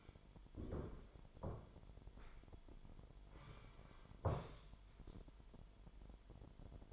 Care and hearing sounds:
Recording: daily activity, microphone in the room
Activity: sit down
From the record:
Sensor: 5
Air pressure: 998.6 hPa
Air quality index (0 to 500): 84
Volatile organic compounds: 1 ppm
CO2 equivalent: 967 ppm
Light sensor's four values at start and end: 40/96/40/44 and 40/98/41/45

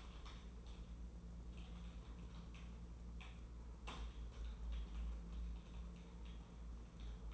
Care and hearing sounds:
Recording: daily activity, microphone in the room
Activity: typing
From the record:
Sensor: 1

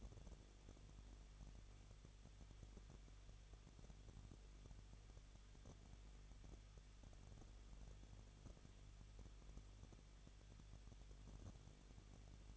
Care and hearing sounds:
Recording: daily activity, microphone in the room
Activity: no activity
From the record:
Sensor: 4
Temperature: 23.1 degrees Celsius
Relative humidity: 33.9%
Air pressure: 1007.2 hPa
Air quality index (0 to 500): 216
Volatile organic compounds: 15 ppm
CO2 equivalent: 2493 ppm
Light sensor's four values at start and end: 2/3/1/1 and 2/3/1/1

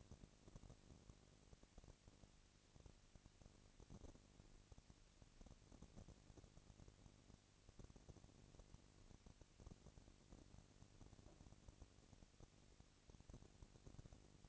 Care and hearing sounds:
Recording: daily activity, microphone in the room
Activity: no activity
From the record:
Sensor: 4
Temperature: 22.5 degrees Celsius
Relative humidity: 33.4%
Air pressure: 999.7 hPa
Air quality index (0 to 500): 231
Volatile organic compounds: 21 ppm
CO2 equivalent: 2707 ppm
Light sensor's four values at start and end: 2/3/1/1 and 2/3/1/1

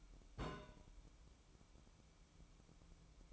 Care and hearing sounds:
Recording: daily activity, microphone in the room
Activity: place on stove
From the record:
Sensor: 1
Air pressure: 1008.1 hPa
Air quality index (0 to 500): 134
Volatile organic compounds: 2 ppm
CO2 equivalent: 1128 ppm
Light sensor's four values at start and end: 8/18/7/8 and 8/18/7/8

